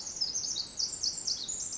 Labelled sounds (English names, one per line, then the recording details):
Pacific Wren
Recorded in Sonoma County, California